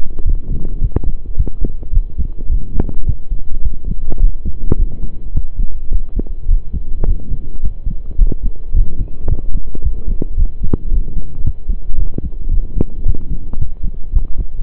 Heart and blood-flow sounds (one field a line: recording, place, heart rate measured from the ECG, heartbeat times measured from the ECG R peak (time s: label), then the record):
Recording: heart sounds by stethoscope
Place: between the tricuspid and mitral areas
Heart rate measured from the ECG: 108 bpm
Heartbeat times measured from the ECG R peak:
0.26 s: heartbeat
0.82 s: heartbeat
1.38 s: heartbeat
1.93 s: heartbeat
2.50 s: heartbeat
3.07 s: heartbeat
3.63 s: heartbeat
4.20 s: heartbeat
4.78 s: heartbeat
5.35 s: heartbeat
5.92 s: heartbeat
6.49 s: heartbeat
7.07 s: heartbeat
7.63 s: heartbeat
8.19 s: heartbeat
8.75 s: heartbeat
9.30 s: heartbeat
9.84 s: heartbeat
10.38 s: heartbeat
10.92 s: heartbeat
11.45 s: heartbeat
11.99 s: heartbeat
12.52 s: heartbeat
13.06 s: heartbeat
13.60 s: heartbeat
14.14 s: heartbeat
From the record:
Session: pedaling a stationary bicycle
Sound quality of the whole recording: saturated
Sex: male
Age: 23 years